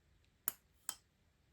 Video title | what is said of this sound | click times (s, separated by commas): Top 5 button lock knives 2023 | uh click when I press the button in | 0.5 s